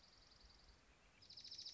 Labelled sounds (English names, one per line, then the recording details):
Dark-eyed Junco
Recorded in Sonoma County, California